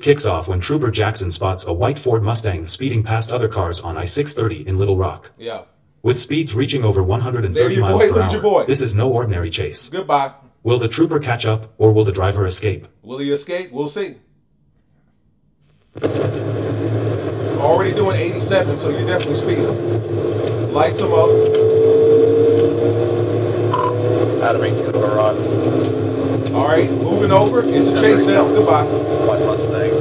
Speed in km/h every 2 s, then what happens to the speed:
90, 92, 93, 113, 130, 135, 140, 140, 137, 130, 132, 140, 148, 153, 166.
0-11 speeds up to 140. 20-30 speeds up to 166.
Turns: none.